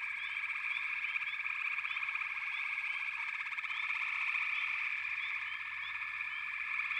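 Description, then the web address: Frog chorus, a dense steady wall of high trilling calls with short rising chirps scattered through it, unbroken for the whole stretch. "Nature Songs Nature Sounds The Natural Sounds of the Wilderness 10 CDs collection Echoes of Nature - Frog Chorus"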